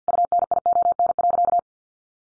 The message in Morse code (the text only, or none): UNION.